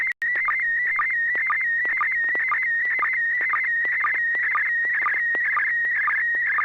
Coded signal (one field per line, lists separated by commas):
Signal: SSTV (slow-scan television)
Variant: PD 120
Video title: N6NA SSTV Net - 05/25/2022